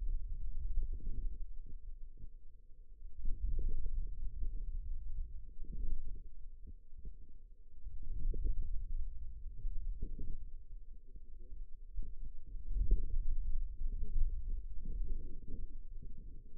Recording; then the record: forearm muscle sounds (acoustic myography)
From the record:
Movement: hand closing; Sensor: system 2, bracelet of six BSWA MPA416 microphones around the upper forearm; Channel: 3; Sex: female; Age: 21 years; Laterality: right